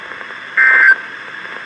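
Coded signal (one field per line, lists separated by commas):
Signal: Emergency Alert System (SAME) tones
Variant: end-of-message bursts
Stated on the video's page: Severe Thunderstorm Warning relayed by a weather radio station.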